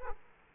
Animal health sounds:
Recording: mosquito wingbeat signal from an infrared sensor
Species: Culex quinquefasciatus

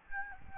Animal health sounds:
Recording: mosquito wingbeat signal from an infrared sensor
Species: Aedes albopictus

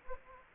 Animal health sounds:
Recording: mosquito wingbeat signal from an infrared sensor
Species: Anopheles gambiae

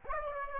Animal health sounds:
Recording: mosquito wingbeat signal from an infrared sensor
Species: Aedes aegypti

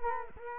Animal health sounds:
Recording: mosquito wingbeat signal from an infrared sensor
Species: Culex quinquefasciatus

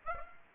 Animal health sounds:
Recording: mosquito wingbeat signal from an infrared sensor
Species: Aedes aegypti

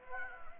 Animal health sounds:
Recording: mosquito wingbeat signal from an infrared sensor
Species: Anopheles gambiae

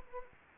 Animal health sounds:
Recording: mosquito wingbeat signal from an infrared sensor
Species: Anopheles gambiae

